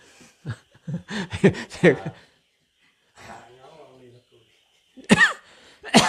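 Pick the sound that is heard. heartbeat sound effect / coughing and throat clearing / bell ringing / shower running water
coughing and throat clearing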